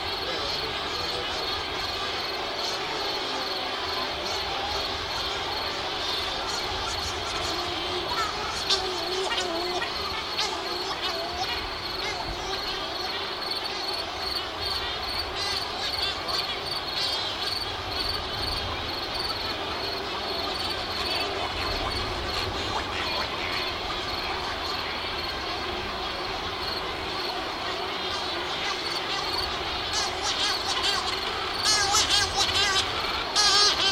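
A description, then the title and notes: Crickets keep up a dense, steady trill high in pitch, while Cory's shearwaters wail and cackle in wavering, voice-like calls throughout. A low rumble sits underneath, and the calls swell louder near nine seconds and again in the final few seconds. Crickets And Cagarro Birds Protesting.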